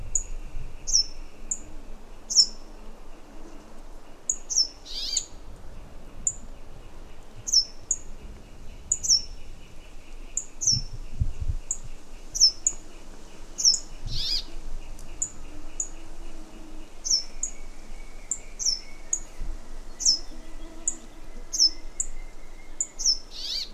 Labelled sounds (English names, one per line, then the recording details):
Brambling
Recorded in the wild
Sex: male
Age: adult
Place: Halbinsel Kindo, Karelien, RU
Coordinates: 66.5472, 33.0439
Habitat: taiga
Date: 1994-06-23 18:21
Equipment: Sony TCD-D3, Sennheiser ME 80, K 30 AV (I), Windschutz
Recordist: Frommolt, Karl-Heinz